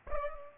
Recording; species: mosquito wingbeat signal from an infrared sensor; Aedes albopictus